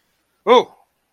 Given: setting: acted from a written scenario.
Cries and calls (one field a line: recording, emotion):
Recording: vocal sound without words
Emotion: negative surprise